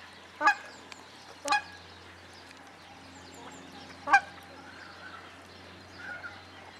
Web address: sonidos cerceta-baikal